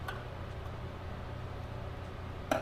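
A bearing retaining circlip is fitted into its groove in a dirt bike wheel hub bearing bore after the bearings are replaced. A faint tick comes at 0.1 s, and a sharp metallic snap at 2.5 s marks the clip seating in the groove. The clip is confirmed seated and should be able to spin in the groove.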